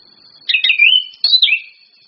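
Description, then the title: Orange-headed thrush calls: two quick, sharp chirping phrases, the first sliding down into a drawn-out whistle, the second starting high then dropping, over a steady high-pitched whine. 'Ngecis' and 'nratak' call styles, used as a lure to call a male. "PANCINGAN anis kembang NGECIS NRATAK memanggil jantan"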